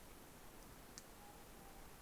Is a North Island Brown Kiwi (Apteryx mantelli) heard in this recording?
no